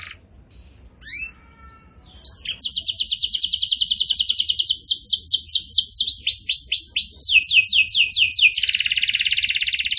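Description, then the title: Bird song: a few scattered short notes, then a long, rapid trill moving through sweeping, slurred phrases at changing speeds. Master for training cage birds; lively (gacor) singer in the tembakan style. "Masteran Burung Tembakan Gacor"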